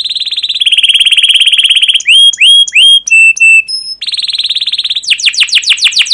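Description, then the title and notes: Canary song mixing fast buzzy trills with loud pure whistled notes and hooked syllables, ending in quick descending sweeps. Canary song with long continuous chirping, used as a lure and master recording to train young canaries to learn sounds. "CUIT CUIT NGEROL LANGSUNG GACOR PANJANG Kenari Ini AMPUH Utk Pancingan KENAR. PANCINGAN Kenari GACOR PANJANG Cuit CUIT EMOSI ini AMPUH utk MASTERAN Kenari PAUD belajar BUNYI. burung kenari"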